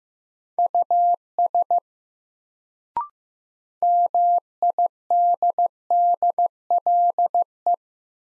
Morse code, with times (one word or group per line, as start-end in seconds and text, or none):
0.6-1.8 US
3.8-7.7 MIDDLE